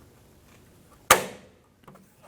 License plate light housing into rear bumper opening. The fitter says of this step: push until you hear a click